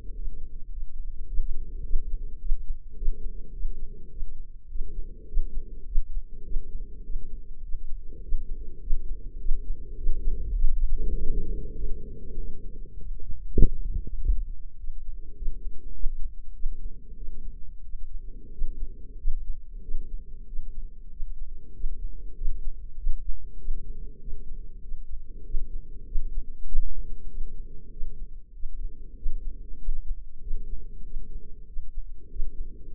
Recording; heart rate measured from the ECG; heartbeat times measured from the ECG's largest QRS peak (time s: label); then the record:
heart sounds by microphone in the left ear; 99 bpm
0.15 s: heartbeat
0.71 s: heartbeat
1.28 s: heartbeat
1.84 s: heartbeat
2.40 s: heartbeat
2.96 s: heartbeat
3.53 s: heartbeat
4.10 s: heartbeat
4.69 s: heartbeat
5.27 s: heartbeat
5.86 s: heartbeat
6.44 s: heartbeat
7.04 s: heartbeat
7.63 s: heartbeat
8.22 s: heartbeat
8.81 s: heartbeat
9.40 s: heartbeat
9.98 s: heartbeat
10.55 s: heartbeat
11.13 s: heartbeat
11.75 s: heartbeat
12.37 s: heartbeat
12.99 s: heartbeat
13.59 s: heartbeat
14.19 s: heartbeat
14.78 s: heartbeat
15.36 s: heartbeat
15.94 s: heartbeat
16.54 s: heartbeat
17.16 s: heartbeat
17.83 s: heartbeat
18.52 s: heartbeat
19.18 s: heartbeat
19.82 s: heartbeat
20.47 s: heartbeat
21.11 s: heartbeat
21.74 s: heartbeat
22.36 s: heartbeat
22.97 s: heartbeat
23.58 s: heartbeat
24.20 s: heartbeat
24.82 s: heartbeat
25.44 s: heartbeat
26.06 s: heartbeat
26.67 s: heartbeat
27.28 s: heartbeat
27.91 s: heartbeat
28.53 s: heartbeat
29.16 s: heartbeat
29.79 s: heartbeat
30.41 s: heartbeat
31.04 s: heartbeat
31.66 s: heartbeat
32.29 s: heartbeat
32.92 s: heartbeat
From the record:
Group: healthy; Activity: rest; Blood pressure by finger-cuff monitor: 143/80 mmHg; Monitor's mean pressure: 98 mmHg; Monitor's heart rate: 98 bpm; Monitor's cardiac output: 6.9 L/min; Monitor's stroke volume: 70 mL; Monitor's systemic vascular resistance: 1040 dyn s/cm5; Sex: female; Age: 43 years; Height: 160 cm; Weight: 90 kg